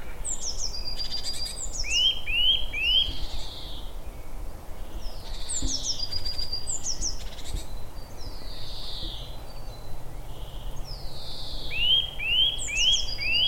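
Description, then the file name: Eurasian nuthatch calls: a quick run of short rising whistled notes, repeated in bursts, with high slurred descending whistles between them over a steady background hiss. "Sitta europaea"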